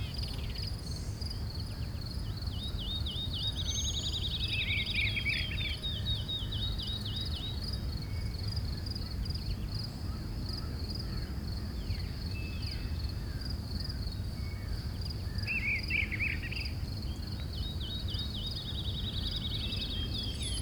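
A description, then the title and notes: Crickets chirp steadily in a forest, a thin, high, continuous trill that never drops out. Bursts of faster chirping come and go every few seconds. Underneath lies a constant low rumble of outdoor background noise at an even level throughout. Forest Crickets Chirping Softly.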